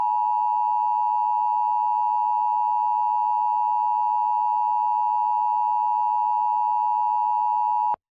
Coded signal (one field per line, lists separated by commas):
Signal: Emergency Alert System (SAME) tones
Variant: 853 and 960 Hz attention tone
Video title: EAS Scenario 9: Tornadic Phenomenon